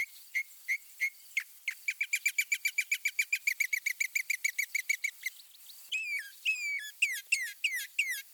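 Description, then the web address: Northern mockingbird song: a rapid run of repeated bright notes, speeding into a fast even trill, then switching abruptly to varied sweeping phrases at the end. Mimicry in the song of the Northern mockingbird, from a birding-by-ear guide to eastern and central North America. "Birding by Ear, Eastern and Central North America - Peterson Guides. Mimics Northern Mockingbird"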